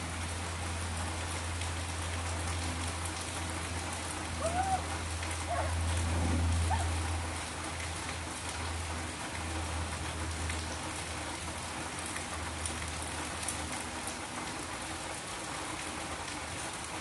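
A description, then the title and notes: Heavy rain pours steadily, a dense hiss of drops filling the whole clip without letup. A low, steady hum runs underneath, swelling slightly around four to seven seconds, when a few faint tonal chirps or squeaks also come through. Lots and lots of rain. Just listening to some loud loud rain.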